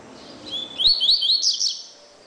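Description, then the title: Double-collared seedeater song, a brief lively phrase of rapid upswept high notes ending in a buzzy trill. "Canto Coleiro"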